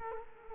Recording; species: mosquito wingbeat signal from an infrared sensor; Culex quinquefasciatus